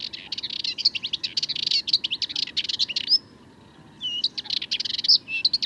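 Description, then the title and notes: Sardinian warbler song: a long, nervous run of rapid, scratchy chatter, a pause of about a second, then another fast burst with a few sharp high notes. 22 March 2019, Le Charnier, Camargue; at twilight, before full daylight; long monologue of incredibly nervous, rapid song; Wildtronic parabola, MKH8020 microphone, MixPre 3 recorder. "Le Charnier - Camargue. une Fauvette mélanocéphale (Sylvia melanocephala)"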